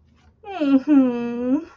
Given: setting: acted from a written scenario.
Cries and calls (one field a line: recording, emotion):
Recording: vocal sound without words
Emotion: adoration